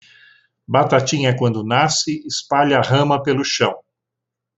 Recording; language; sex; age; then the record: short text; Brazilian Portuguese; male; 60 to 69 years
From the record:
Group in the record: control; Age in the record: 65 years